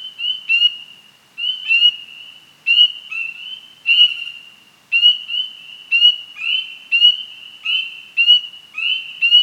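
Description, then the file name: Frog chorus of high, even tones with crisp clicking pulses, coming in rapid bursts roughly every second, with brief gaps between groups. Nighttime nature ambience with heavy frog noise. "Sound Ideas - Nighttime Nature Ambience with Heavy Frog Noise"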